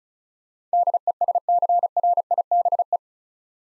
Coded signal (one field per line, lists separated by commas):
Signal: Morse code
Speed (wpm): 34 wpm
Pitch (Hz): 700 Hz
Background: none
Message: DESCRIBE